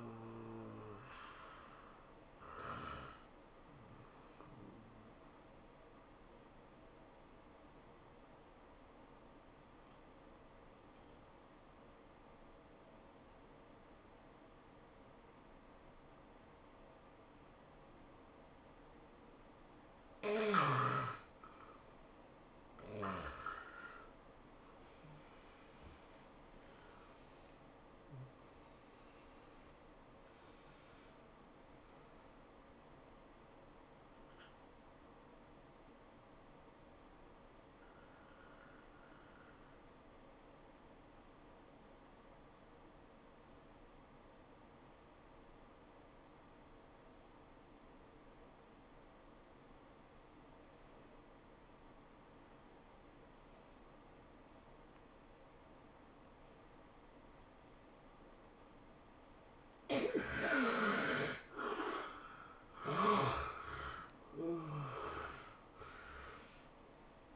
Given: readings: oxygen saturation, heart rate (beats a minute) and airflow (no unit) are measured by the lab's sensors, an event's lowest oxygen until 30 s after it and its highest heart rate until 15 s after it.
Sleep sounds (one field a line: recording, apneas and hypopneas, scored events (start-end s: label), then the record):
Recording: breathing in sleep by a voice recorder at the bedside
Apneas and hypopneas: 2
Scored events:
3.00-33.00 s: new sleep stage, awake
5.00-21.00 s: hypopnea (scored as awake, oxygen 91% highest, then 81% lowest, heart rate 87 at the start, 96 highest)
5.00-36.00 s: awake
33.00-67.36 s: new sleep stage, N1 (lightest sleep)
36.00-59.70 s: obstructive apnea (N1, oxygen 95% highest, then 74% lowest, heart rate 80 at the start, 103 highest)
From the record:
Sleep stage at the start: N1 (lightest sleep)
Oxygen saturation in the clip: 76 to 95%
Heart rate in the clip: 75 to 102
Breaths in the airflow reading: 9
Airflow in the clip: -13.8 to 16.2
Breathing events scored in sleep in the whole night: 403 in 5.5 hours asleep